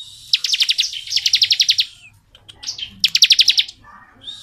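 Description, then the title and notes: Bar-winged prinia giving rapid high ticking trills in two runs, then a short pause and another quick pulsed burst. Ngebren-style song, used as masteran training audio for Oriental magpie-robins. "Ciblek Ngebren Untuk Masteran Murai Batu. Suara burung ciblek - Suara Nada"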